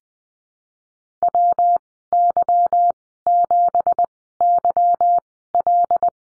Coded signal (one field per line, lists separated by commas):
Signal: Morse code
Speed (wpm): 20 wpm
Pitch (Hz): 700 Hz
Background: none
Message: WY7YL